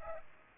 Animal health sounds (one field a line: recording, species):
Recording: mosquito wingbeat signal from an infrared sensor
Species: Aedes aegypti